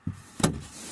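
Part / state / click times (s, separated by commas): plastic sensor trim piece into dashboard / seated / 0.4 s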